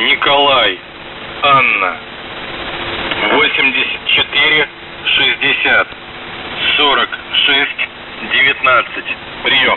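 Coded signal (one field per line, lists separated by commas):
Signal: coded military voice message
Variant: Russian, callsign Охват98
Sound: russian voice reads callsign, number groups and phonetic-alphabet names, repeated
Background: radio static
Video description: "The Goose" is a Russian military station that broadcasts on 4310 kHz at daytime and on 3243 kHz at nighttime.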